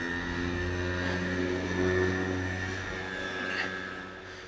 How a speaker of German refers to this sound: Dass Motorroller so laut sein müssen, ne? Verstehe ich nicht.